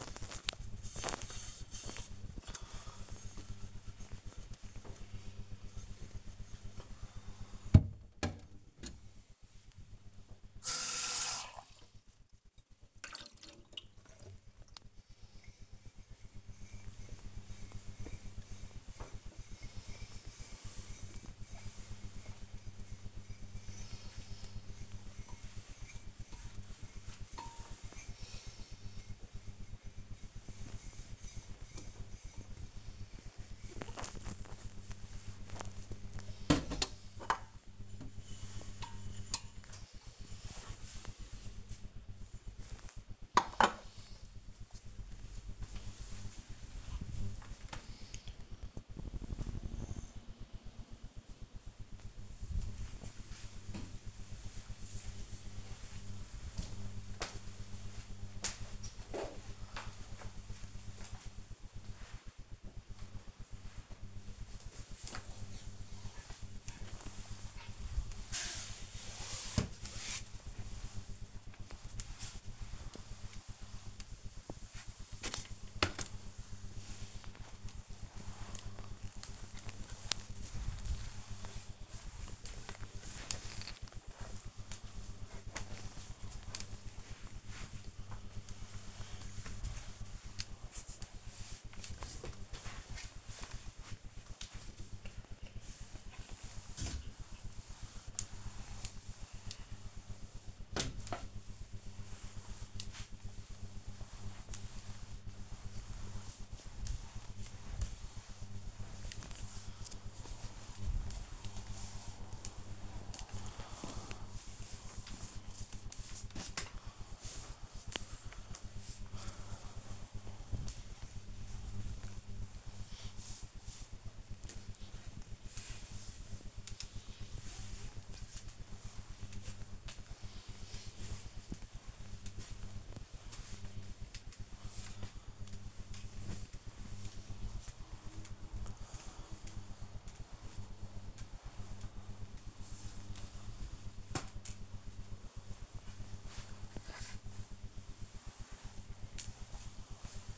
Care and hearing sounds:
household activities, microphone on the right wrist
0.00-43.96 s: washing dishes
63.07-150.38 s: floor cleaning

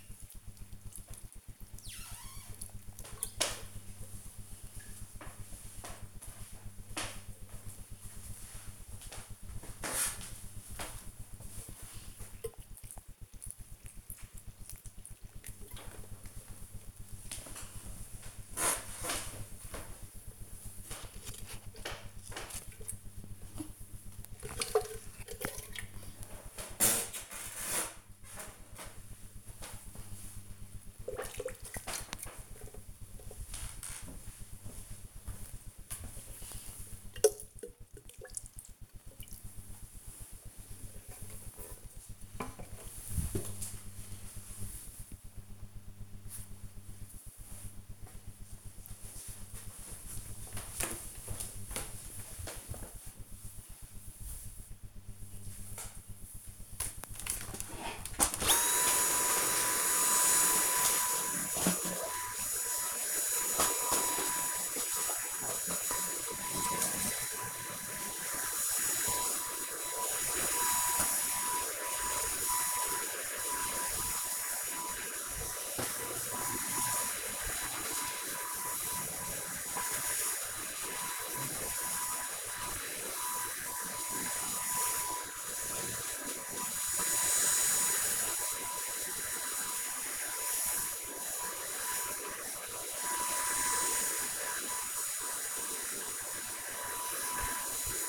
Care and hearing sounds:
household activities, microphone on the right wrist
0.00-41.10 s: watering plant
56.22-98.09 s: vacuum cleaning

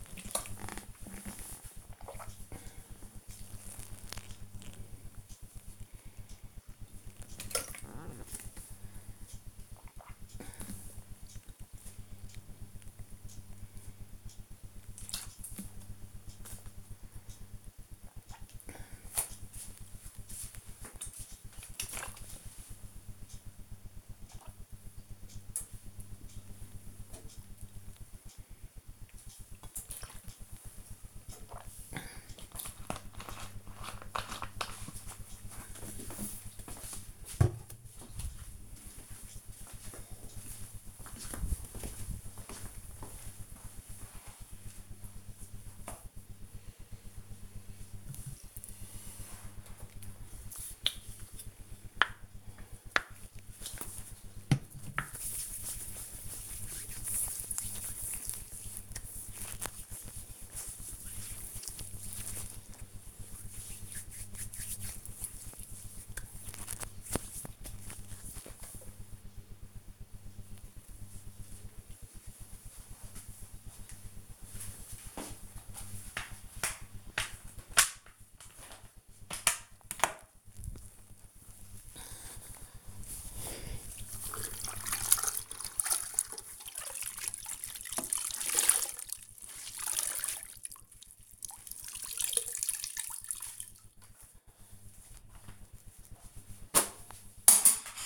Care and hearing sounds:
household activities, microphone on the right wrist
0.00-31.59 s: drinking
48.72-67.88 s: cream hands
76.93-98.05 s: floor cleaning

